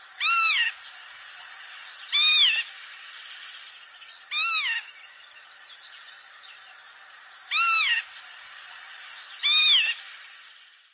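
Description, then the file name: Northern lapwing calls: five slurred, wheezy notes that rise then drop, each about half a second long, spaced a few seconds apart over faint steady background hiss. "Czajka"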